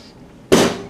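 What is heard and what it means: During disassembly of a Model 2 siren, a hand presses down on top of the rotor until the top bearing in the siren motor housing lets go with a single sharp click at 0.5 s. The click rings briefly and fades after a near-silent lead-in, and the top bearing is released so the rotor can come out more easily later.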